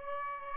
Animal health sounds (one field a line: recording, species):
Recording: mosquito wingbeat signal from an infrared sensor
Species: Aedes albopictus